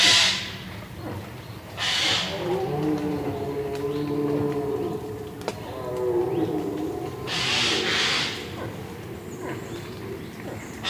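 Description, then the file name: Eurasian jay, a few harsh, rasping screeches spread throughout over steady background noise. "Garrulus glandarius"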